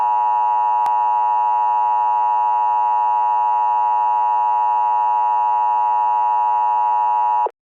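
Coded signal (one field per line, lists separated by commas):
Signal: Emergency Alert System (SAME) tones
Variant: 853 and 960 Hz attention tone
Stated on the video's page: Fictional scenario alert titled 'The sky is falling', presented in real time.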